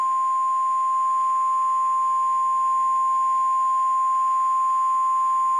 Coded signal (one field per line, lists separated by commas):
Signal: Emergency Alert System (SAME) tones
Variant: 1050 Hz attention tone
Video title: Eas Alarm #2